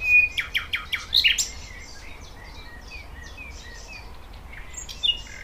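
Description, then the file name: Thrush nightingale song opening with a short series of repeated rattling notes and a loud burst, followed by softer whistles. "Sprosser"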